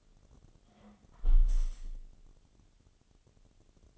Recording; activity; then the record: daily activity, microphone in the room; close window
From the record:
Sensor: 4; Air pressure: 1015.8 hPa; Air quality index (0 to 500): 82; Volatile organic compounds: 1 ppm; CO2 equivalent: 911 ppm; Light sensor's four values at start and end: 9/20/8/7 and 9/20/8/7